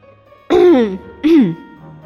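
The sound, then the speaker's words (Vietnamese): A light, voiced cough in two parts: a longer throaty burst with falling pitch, then a shorter second one, moderately loud against near silence, like a polite clearing of the throat. “Lô Phương ho nhẹ một tiếng, nhắc nhở Bạch Ngọc Đường và Triển Chiêu.”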